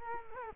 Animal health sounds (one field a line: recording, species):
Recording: mosquito wingbeat signal from an infrared sensor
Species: Culex quinquefasciatus